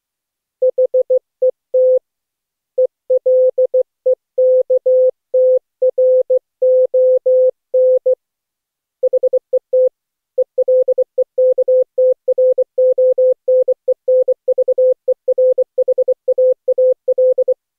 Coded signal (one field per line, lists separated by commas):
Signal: Morse code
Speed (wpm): 24 wpm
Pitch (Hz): 510 Hz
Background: none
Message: HET ELEKTRON HET ELEKTRONENVERHAAL